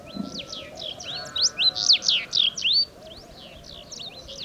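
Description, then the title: Sahara bunting pouring out a dense run of quick chirping whistles that peaks midway, with fainter notes before and after. Several Sahara buntings singing unseen among heaps of stones in the ruins of old Wadan, Mauritania, just after sunrise on 23 February 2019; made with Tlp7 and Mixpre3. "Bruant du Sahara - Mauritanie"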